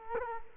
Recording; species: mosquito wingbeat signal from an infrared sensor; Culex quinquefasciatus